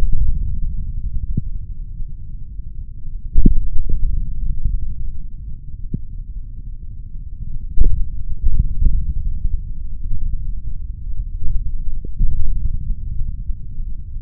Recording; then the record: forearm muscle sounds (acoustic myography)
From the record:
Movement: index flexion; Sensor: system 3, bracelet of six PUI Audio POM-2738L microphones around the upper forearm, with dedicated amplification and filtering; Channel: 1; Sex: male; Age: 26 years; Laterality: right